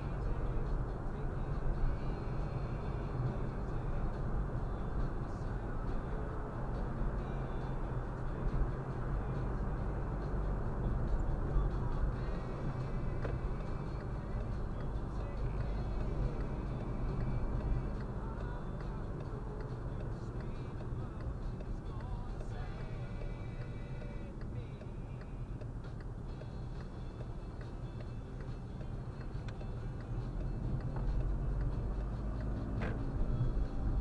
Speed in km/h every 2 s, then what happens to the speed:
72, 72, 68, 65, 60, 58, 50, 46, 46, 42, 33, 26, 23, 24, 26, 31, 36.
0-13 slows to 46. 17-23 brakes to 23. 27-34 speeds up to 36.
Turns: none.